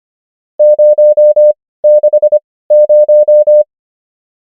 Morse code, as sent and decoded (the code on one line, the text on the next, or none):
----- -.... -----
060